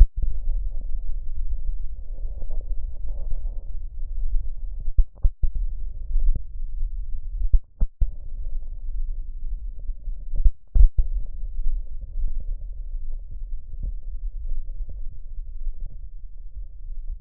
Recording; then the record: lung sounds by stethoscope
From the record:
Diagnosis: emphysema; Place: left posterior upper chest